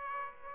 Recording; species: mosquito wingbeat signal from an infrared sensor; Aedes aegypti